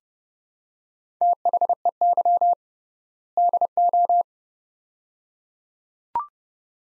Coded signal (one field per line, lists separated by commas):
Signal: Morse code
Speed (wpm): 30 wpm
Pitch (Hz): 700 Hz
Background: none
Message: THEY DO